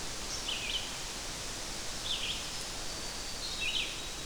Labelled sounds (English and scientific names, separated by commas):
Red-eyed Vireo (Vireo olivaceus) song